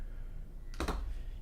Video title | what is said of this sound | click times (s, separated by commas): Microsoft Surface Pro 4 | You're gonna hear that. You can actually hear the mechanism unlock, and then you can pull it up. | 0.7 s, 0.8 s